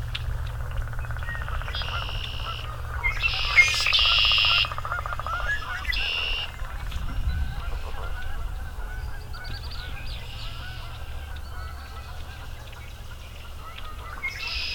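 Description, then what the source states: Canada goose giving a loud burst of harsh honking amid other bird calls and a continuous low frog chorus. Flying in over a lake after heavy rain, amid a frog chorus.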